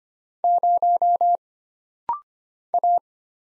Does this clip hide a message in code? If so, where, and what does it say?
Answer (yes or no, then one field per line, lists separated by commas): yes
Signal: Morse code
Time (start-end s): 0.4-3.0 s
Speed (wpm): 25 wpm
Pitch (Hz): 700 Hz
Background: none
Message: 0 A